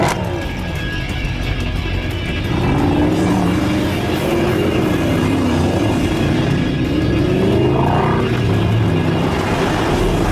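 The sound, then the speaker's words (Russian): A car engine hums steadily as the car drives away, quieter for the first couple of seconds and then louder and sustained, its pitch rising and dipping slightly, with no voices. “Когда Джон отъехал достаточно далеко, он увидел спереди автомобиля Бена.”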